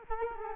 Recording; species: mosquito wingbeat signal from an infrared sensor; Culex quinquefasciatus